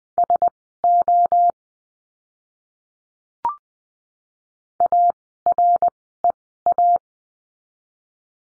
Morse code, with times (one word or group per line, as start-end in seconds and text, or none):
0.2-1.5 SO
4.8-7.0 AREA